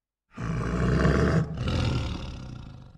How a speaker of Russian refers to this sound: Она издала низкое предупреждающее рычание.